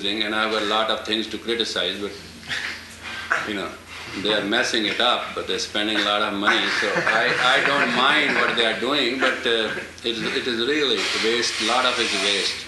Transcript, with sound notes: And I have a lot of things to criticize, but... You know. They are messing it up, but they are spending a lot of money. [laughter] So I don't mind what they are doing, but it is really a waste, lot of it is waste.